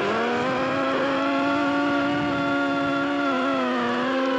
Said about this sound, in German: Im Sommer bricht das Eis. Schollen schieben sich gegeneinander, aber diesen arktischen Sound, den hört man immer seltener.